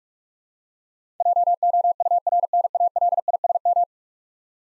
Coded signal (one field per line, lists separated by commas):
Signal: Morse code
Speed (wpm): 43 wpm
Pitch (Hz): 700 Hz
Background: none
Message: JOURNALISM